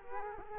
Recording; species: mosquito wingbeat signal from an infrared sensor; Culex quinquefasciatus